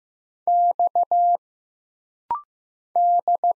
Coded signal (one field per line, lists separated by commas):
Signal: Morse code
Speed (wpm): 15 wpm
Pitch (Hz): 700 Hz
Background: none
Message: X D